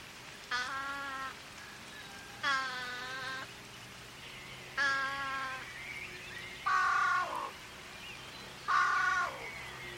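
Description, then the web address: Bird calls: five harsh, nasal calls about two seconds apart, the first three steady and the last two sliding down in pitch at the end, over a quiet low hum. "cianscape. Deverinetal 2025. Bird Only"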